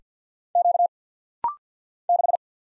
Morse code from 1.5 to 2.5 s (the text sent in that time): 6